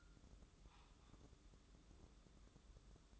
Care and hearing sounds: daily activity, microphone in the room; take from stove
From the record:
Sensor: 3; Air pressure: 995.4 hPa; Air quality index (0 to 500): 85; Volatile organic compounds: 8 ppm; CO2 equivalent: 2060 ppm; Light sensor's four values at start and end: 25/79/33/28 and 25/79/33/28

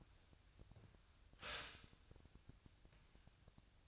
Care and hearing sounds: daily activity, microphone in the room; stop toaster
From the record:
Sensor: 2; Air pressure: 1001.8 hPa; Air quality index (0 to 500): 245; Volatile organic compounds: 36 ppm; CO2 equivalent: 3086 ppm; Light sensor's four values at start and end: 10/31/12/12 and 10/31/12/12

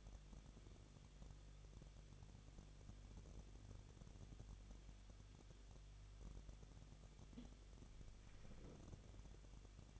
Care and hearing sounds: daily activity, microphone in the room; no activity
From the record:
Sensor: 4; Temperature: 23.1 degrees Celsius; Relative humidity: 34.0%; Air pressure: 1007.2 hPa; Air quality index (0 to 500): 216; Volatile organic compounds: 15 ppm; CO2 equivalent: 2490 ppm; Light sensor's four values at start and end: 2/3/1/1 and 2/3/1/1

